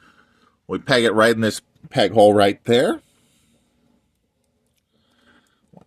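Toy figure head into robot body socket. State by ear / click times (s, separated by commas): not seated / none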